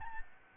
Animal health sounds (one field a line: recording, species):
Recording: mosquito wingbeat signal from an infrared sensor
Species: Aedes albopictus